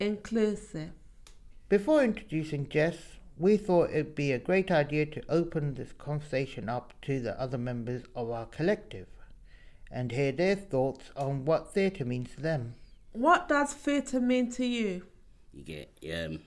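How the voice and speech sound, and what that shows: A single adult voice speaks clearly and fluently at a steady conversational pace, with natural pauses between phrases. The words are well articulated and the voice is clear and steady, consistent with ordinary speech. There is little background noise.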